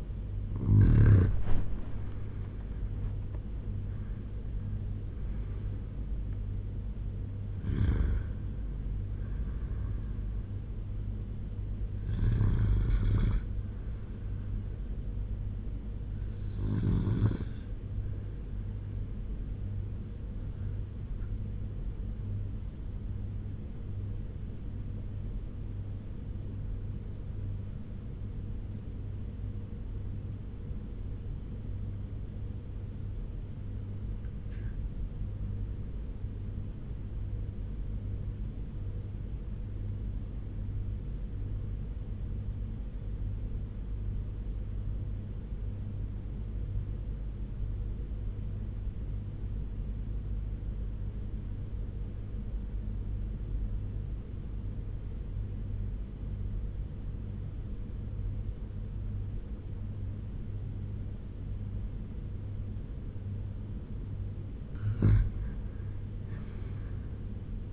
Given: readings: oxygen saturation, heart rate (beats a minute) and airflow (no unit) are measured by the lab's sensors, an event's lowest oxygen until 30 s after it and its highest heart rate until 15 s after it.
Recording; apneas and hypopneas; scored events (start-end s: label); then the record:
breathing in sleep by a smartphone at the bedside; 1
24.00-63.80 s: obstructive apnea (N1, oxygen 97% highest, then 82% lowest, heart rate 91 at the start, 93 highest)
From the record:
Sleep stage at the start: N1 (lightest sleep); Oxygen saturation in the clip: 76 to 97%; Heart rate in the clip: 86 to 99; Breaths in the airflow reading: 6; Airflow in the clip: -10.5 to 15.4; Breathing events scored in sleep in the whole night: 201 in 6.5 hours asleep